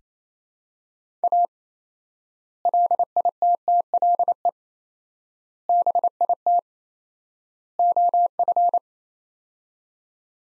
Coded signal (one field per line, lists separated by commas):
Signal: Morse code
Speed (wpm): 28 wpm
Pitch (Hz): 700 Hz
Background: none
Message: A LITTLE BIT OF